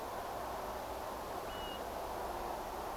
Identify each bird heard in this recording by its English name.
European Golden Plover